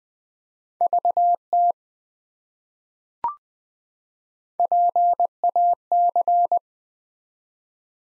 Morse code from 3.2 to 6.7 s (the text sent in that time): PAC